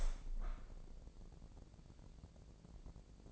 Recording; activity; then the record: daily activity, microphone in the room; open window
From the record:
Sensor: 5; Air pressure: 1012.3 hPa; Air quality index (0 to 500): 162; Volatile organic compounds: 2 ppm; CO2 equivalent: 1100 ppm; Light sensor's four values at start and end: 69/167/69/73 and 69/167/69/74